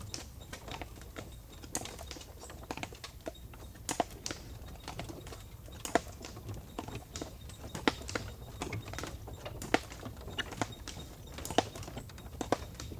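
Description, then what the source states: Slow horse hooves clopping irregularly, overlaid with dense clicking, ticking and creaking cart noises and a steady low rumble. Horse pulling a cart, moving very slowly downhill; brake taken off, then cart stops; recorded on the cart.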